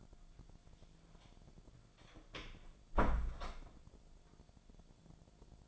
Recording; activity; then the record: daily activity, microphone in the room; close door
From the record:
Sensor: 5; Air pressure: 1000.6 hPa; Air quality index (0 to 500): 161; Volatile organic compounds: 2 ppm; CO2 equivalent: 1234 ppm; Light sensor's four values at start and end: 47/109/45/49 and 47/110/46/49